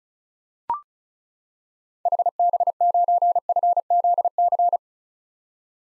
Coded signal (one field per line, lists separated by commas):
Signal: Morse code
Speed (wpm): 36 wpm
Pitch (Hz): 700 Hz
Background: none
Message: HB9FZC